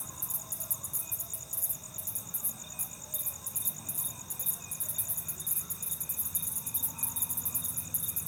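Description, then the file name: Cricket chirps in fast, regular high-pitched pulses that continue without pause, with a steady high whine and a low rumble underneath. "grillo"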